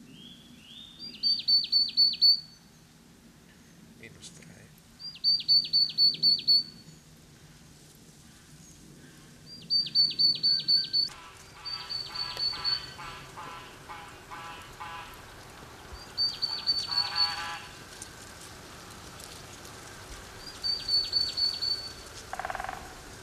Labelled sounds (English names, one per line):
Marsh Tit song